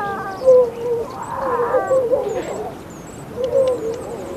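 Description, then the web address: Grey seal moans, low and wavering, come in several short bouts with brief quieter gaps, over a steady hiss and faint high chirps. "gray seal"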